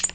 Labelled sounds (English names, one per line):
Tennessee Warbler flight call